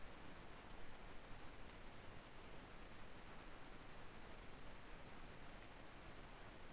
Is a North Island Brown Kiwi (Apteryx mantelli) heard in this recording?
no